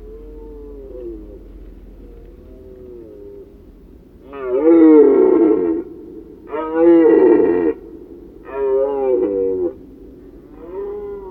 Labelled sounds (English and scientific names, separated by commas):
Red Deer (Cervus elaphus) call